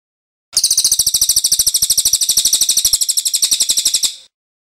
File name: suara cililin